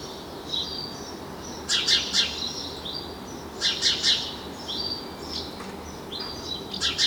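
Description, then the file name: House sparrow giving grouped chirps, paired or tripled harsh notes at irregular intervals, with thin whistled notes sounding faintly throughout. "Passer domesticus"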